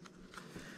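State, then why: Not seated. A USB-A expansion card is handled at a laptop expansion bay, with faint brief ticks near 0.1 and 0.4 seconds over low background noise. Nothing has seated or clicked yet; the card is not yet home when the clip ends.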